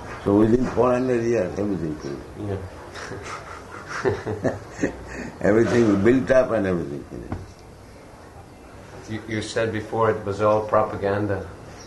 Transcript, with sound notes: So within four hundred years everything finished. [laughs] Everything built up and everything finished.
You said before it was all propaganda.